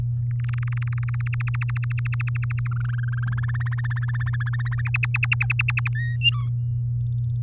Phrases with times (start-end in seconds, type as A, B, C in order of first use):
0.31-1.35 A, 1.40-2.67 B, 2.71-3.25 C, 3.27-4.82 D, 4.85-5.88 E, 5.95-6.16 F, 6.21-6.50 G